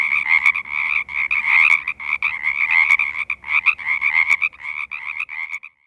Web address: frogs p sierra